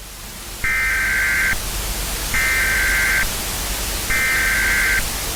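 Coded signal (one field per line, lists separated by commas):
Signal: Emergency Alert System (SAME) tones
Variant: header bursts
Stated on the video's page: Simulated EAS alert tones for a fictional zombie outbreak scenario.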